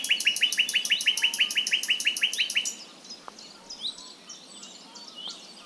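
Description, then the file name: Common nightingale song: a fast series of many identical loud whistled notes, then softer, scattered varied chirps. "Luscinia megarhynchos"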